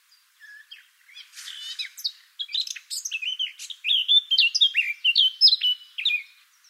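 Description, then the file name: Eurasian blackcap song: a quiet scratchy warble opening into loud, clear fluted whistles that step up and down, growing louder toward the end. "Sylvia atricapilla"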